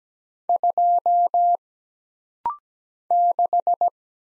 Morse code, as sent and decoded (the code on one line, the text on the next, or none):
..--- / -....
2 6